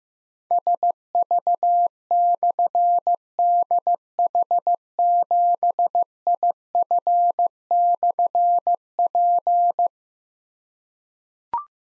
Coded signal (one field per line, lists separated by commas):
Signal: Morse code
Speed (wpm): 15 wpm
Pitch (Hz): 700 Hz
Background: none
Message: SV/DH7IF/P